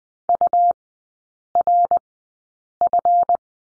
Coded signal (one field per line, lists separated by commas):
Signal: Morse code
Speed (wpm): 20 wpm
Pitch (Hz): 700 Hz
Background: none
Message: URF